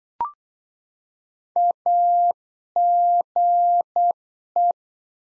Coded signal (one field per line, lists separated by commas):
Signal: Morse code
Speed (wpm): 8 wpm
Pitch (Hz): 700 Hz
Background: none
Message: AGE